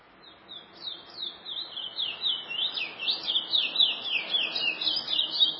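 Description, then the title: Chestnut-bellied seed finch song, a fast continuous warble of high twittering notes that swoop up and down, growing louder. "Canto De Curio"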